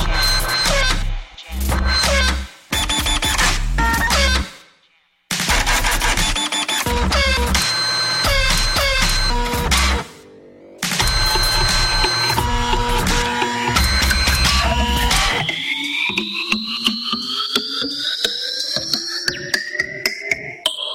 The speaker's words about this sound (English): Printer Jam.